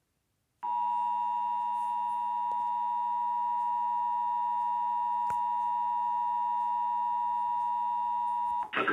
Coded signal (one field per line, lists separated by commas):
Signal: Emergency Alert System (SAME) tones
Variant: 853 and 960 Hz attention tone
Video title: Emergency Alert System - Severe Thunderstorm Warning 08-13-21